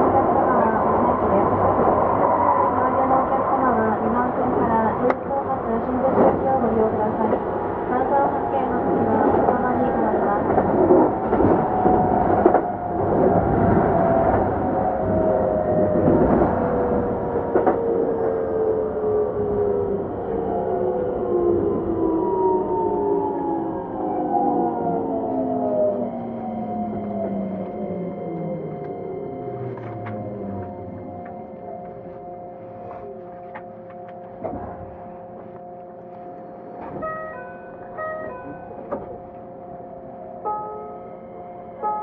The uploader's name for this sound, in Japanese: 京急2100形 横浜〜三崎口